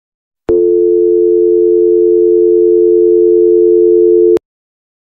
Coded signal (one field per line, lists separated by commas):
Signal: telephone call progress tone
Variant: North America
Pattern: dial tone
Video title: DAIL TONE | bbs factory | No copyright | download link in description